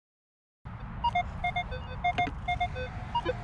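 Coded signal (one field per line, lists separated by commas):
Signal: none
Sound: metal detector's target tones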